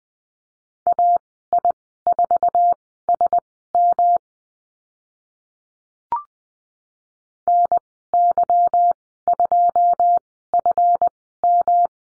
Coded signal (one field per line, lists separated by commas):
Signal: Morse code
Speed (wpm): 20 wpm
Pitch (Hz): 700 Hz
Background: none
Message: AI4SM NY2FM